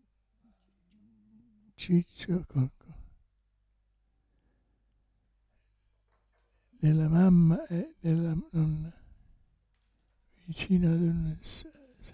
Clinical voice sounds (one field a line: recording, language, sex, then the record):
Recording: read passage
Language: Italian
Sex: male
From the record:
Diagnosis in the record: Parkinson's disease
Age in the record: 65 years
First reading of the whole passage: 164 s, 3.2 characters per second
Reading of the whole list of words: 151 s, 1.9 characters per second